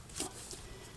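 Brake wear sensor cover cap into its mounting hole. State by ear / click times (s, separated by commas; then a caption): seated / 0.5 s. The outside plastic cap of the brake pad wear sensor on a 2014 MINI Cooper is pressed through its mounting hole and snaps in place with a short, sharp click at 0.5 seconds. A soft, breathy broadband rustle comes just before it, around 0.2 seconds, and the cap is confirmed seated.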